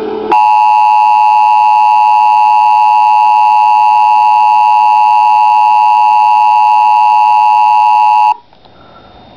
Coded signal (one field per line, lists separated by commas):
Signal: Emergency Alert System (SAME) tones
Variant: 853 and 960 Hz attention tone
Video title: EAS Scenario - Shower Crisis